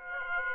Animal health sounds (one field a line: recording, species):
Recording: mosquito wingbeat signal from an infrared sensor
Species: Aedes aegypti